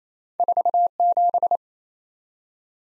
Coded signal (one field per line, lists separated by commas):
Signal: Morse code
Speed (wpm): 28 wpm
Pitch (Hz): 700 Hz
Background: none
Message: 47